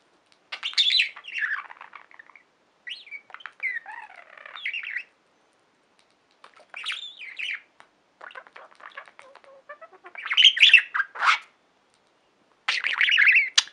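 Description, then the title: Budgerigar gives scattered scratchy chirps, short warbles and clicks in separate bursts with long quiet gaps, ending with louder harsh squawks. "Budgie Sounds"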